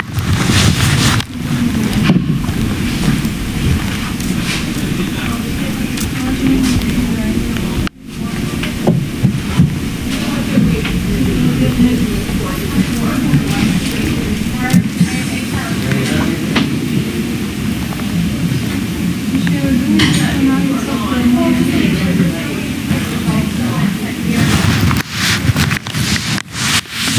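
Emergency room ambience: a dense, steady wash of overlapping voices and low rumbling machinery fills the room throughout. Sharp knocks and clatters punctuate it now and then, with a brief dip in sound near eight seconds and a cluster of clicks toward the end.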